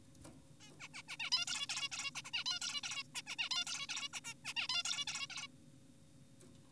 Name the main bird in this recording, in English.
Zebra Finch